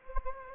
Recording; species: mosquito wingbeat signal from an infrared sensor; Anopheles gambiae